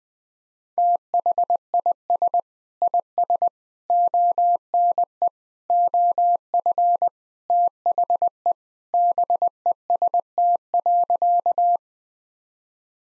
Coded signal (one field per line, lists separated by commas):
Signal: Morse code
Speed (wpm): 20 wpm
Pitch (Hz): 700 Hz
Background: none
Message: THIS IS ONE OF THE BEST.